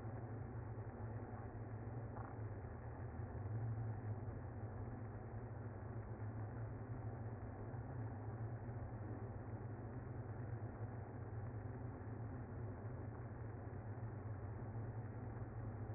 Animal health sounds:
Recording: honeybee colony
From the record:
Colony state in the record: active

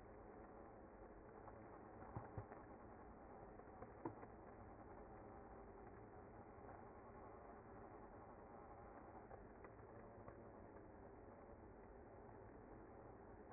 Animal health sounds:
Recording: honeybee colony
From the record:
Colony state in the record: active

